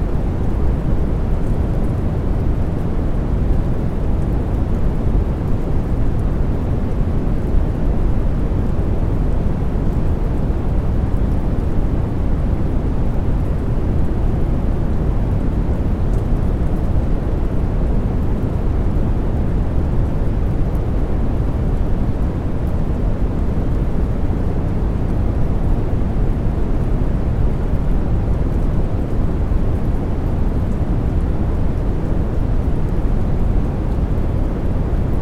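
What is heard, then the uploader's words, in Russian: A deep, steady wash of noise like heavy falling rain, weighted toward low rumbling tones with the highs softened away. The level holds even for the whole stretch, with no separate drops, gusts or breaks standing out from the dense hiss. Ощутите утешительное сочетание глубоких тонов Белого Шума с вечной безмятежностью падающего дождя.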